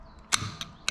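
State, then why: Seated. A metal seal retaining clip is pushed down into its groove in the outer tube above the seal on a Sachs 48mm open cartridge fork leg from a Beta motorcycle. Sharp metallic ticks come at 0.3 s and 0.6 s, then a bright, crisp click at 0.9 s as the clip seats in its channel, and it is confirmed clicked in.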